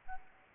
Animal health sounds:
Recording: mosquito wingbeat signal from an infrared sensor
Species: Aedes aegypti

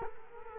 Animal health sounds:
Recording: mosquito wingbeat signal from an infrared sensor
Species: Culex quinquefasciatus

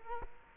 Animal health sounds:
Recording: mosquito wingbeat signal from an infrared sensor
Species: Culex quinquefasciatus

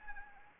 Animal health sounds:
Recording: mosquito wingbeat signal from an infrared sensor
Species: Anopheles arabiensis

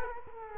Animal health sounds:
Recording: mosquito wingbeat signal from an infrared sensor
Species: Culex quinquefasciatus

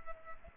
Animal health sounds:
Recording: mosquito wingbeat signal from an infrared sensor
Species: Culex pipiens

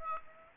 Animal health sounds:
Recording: mosquito wingbeat signal from an infrared sensor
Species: Aedes aegypti

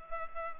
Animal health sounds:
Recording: mosquito wingbeat signal from an infrared sensor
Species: Culex pipiens

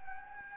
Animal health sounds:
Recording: mosquito wingbeat signal from an infrared sensor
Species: Anopheles gambiae

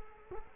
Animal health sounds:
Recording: mosquito wingbeat signal from an infrared sensor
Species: Culex quinquefasciatus

